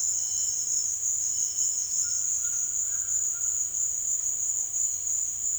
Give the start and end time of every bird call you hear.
0.00s-0.56s: bird call
2.01s-3.74s: bird call

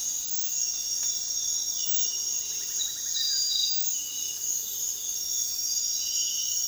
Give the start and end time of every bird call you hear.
2.40s-3.46s: bird call

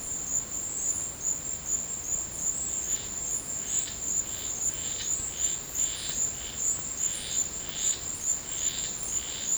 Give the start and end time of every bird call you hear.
2.84s-9.48s: bird call

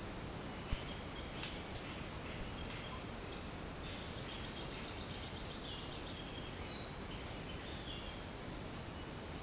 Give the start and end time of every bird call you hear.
0.65s-8.14s: bird call

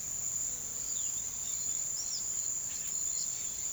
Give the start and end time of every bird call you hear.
0.81s-2.28s: bird call
2.75s-3.73s: bird call

